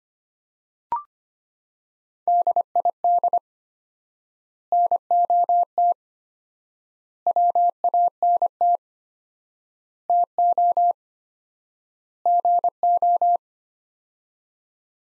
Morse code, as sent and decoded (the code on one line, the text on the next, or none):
-.. .. -.. / -. --- - / .-- .- -. - / - --- / --. ---
DID NOT WANT TO GO